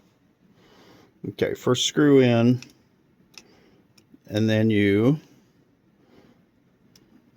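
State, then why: Seated. A hair clipper blade assembly, a metal part, is reassembled onto its metal blade base after sharpening: someone talks while the first screw is driven in. Faint clicks sound at 3.4 and 4.0 seconds, and the blade assembly clicks into place at 7.0 seconds before the screw is snugged down.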